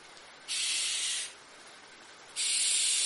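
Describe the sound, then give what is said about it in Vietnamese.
A barn owl gives two harsh, hissing screeches in a village, suddenly cutting into an argument, each lasting under a second with a short pause between, the second cut off at the end; raspy and high, with no other sounds. “Tiếng con chim lợn vang lên đột ngột cắt ngang cuộc tranh cãi, khiến cho tất thảy im lặng.”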